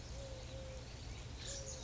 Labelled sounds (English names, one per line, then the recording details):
Eurasian Collared Dove
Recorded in Sonoma County, California